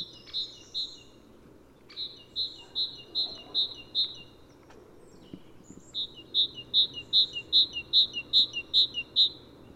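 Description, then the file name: Great tit song: bright two-note phrases repeated steadily, about two and a half per second, in three bursts separated by short pauses. "Parus major"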